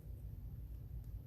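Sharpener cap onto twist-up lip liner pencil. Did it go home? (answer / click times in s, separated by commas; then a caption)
no / none. A sharpener cap with a built-in sharpener is being twisted onto a plastic twist-up Limelife lip liner pencil. Only a steady low rumble is heard over the 1.3 seconds. The cap has not clicked or seated yet.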